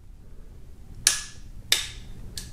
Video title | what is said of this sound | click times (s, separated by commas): OIL PAN TORQUE SPECS BMW N20 ENGINE 320i 328i 520i 528i x1 x3 228i 125i 128i 428i 420i | and we're going to start getting them tight until you hear a click and you stop immediately don't go more listen | 1.1 s, 1.7 s